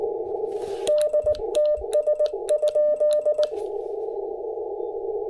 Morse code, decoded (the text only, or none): DTS?